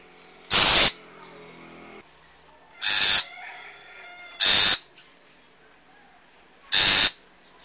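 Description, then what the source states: Long-tailed shrike giving loud, harsh rasping notes in four bursts at uneven intervals. Wild long-tailed shrike; recording used as a master recording for training cage birds.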